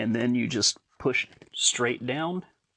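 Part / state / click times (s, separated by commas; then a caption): RAM module into motherboard memory slot / not seated / none. A RAM module is being handled over its motherboard memory slot, about to be pushed straight down so both retention clips can snap shut. Someone talks throughout, with no distinct click. The clip ends before the module is pushed home, so nothing has seated or clicked yet.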